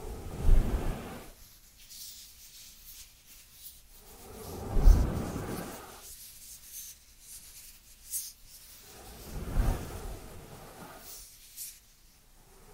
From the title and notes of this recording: ASMR Dry Dry Dry Hand Sounds to Beat Your Tingle Immunity (No Talking).